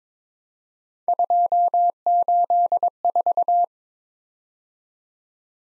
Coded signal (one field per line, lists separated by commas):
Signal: Morse code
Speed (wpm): 26 wpm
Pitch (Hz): 700 Hz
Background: none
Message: 284